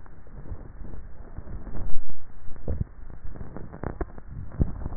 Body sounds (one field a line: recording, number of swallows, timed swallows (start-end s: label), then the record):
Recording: swallowing sounds by neck microphone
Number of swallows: 2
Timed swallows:
0.27-1.20 s: swallow
2.40-3.24 s: swallow
From the record:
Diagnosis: dysphagia